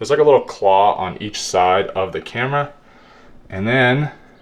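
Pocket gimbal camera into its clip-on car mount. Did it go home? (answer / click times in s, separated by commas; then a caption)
no / none. A DJI Pocket 3 pocket gimbal camera is handled at its clip-on car mount holder, whose plastic claw grips each side of the camera, while someone talks throughout. Only speech is heard. The camera has not seated or clicked into the mount yet.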